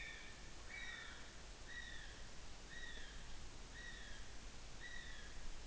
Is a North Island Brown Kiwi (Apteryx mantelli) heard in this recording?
yes